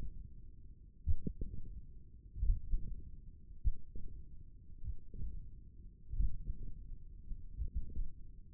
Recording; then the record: forearm muscle sounds (acoustic myography)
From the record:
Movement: wrist flexion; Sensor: system 1, eight BSWA MPA416 microphones around the upper forearm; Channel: 1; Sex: male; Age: 20 years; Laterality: left